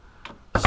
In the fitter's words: and these are designed to kind of snap right in hold that in place